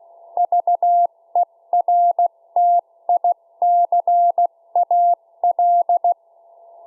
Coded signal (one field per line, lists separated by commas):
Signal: Morse code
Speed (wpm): 16 wpm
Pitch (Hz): 700 Hz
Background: none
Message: VERTICAL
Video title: 2019_08_11 Z33T Beacon 144 MHz 0 1W